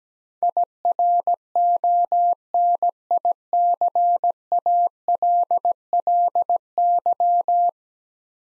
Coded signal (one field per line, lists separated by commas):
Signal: Morse code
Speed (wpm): 17 wpm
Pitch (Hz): 700 Hz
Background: none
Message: IRONICALLY